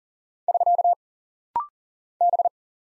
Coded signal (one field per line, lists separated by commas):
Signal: Morse code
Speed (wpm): 39 wpm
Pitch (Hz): 700 Hz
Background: none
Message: <SK> B